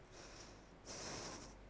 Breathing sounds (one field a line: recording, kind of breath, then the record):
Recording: one breath in and out by a microphone near the nose and mouth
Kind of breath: deep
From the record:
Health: marked as sick, illness not named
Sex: female